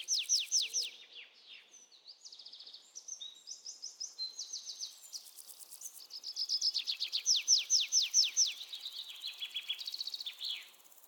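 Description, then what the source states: Several birds singing together, with rapid downslurred whistles, buzzy trills and high twitters overlapping almost continuously. Birds in the jungle.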